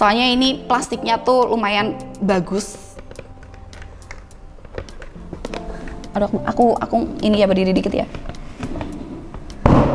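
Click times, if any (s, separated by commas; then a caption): 9.7 s. Someone talks over background music while pushing the hook of a plastic chick feeder bottle onto its plastic base plate, with a series of small taps and knocks along the way. At 9.7 s a sharp, loud click is heard as the hook catches, and the bottle is seated on the plate.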